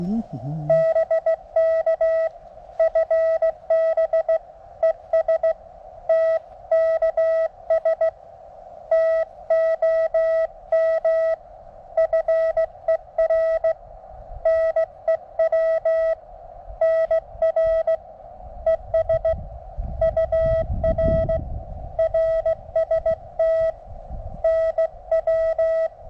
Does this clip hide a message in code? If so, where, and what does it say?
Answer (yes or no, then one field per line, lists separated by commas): yes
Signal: Morse code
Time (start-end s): 0.7-25.9 s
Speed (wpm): 17 wpm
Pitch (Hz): 650 Hz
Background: none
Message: BK FB ES TKS TOM FER NEW NR ES UR RST NW